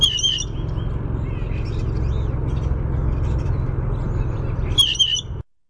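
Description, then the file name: Blue jay utters a squeaky, bouncy call at the start and again near the end, separated by low rumbling background and faint high bird twitters. Pumphandle call. "BLJA pumphandle"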